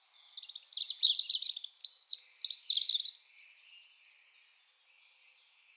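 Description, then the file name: European robin giving a quick jumble of high warbling notes and trills for about three seconds, followed by quiet, thin, drawn-out whistles. "Erithacus rubecula"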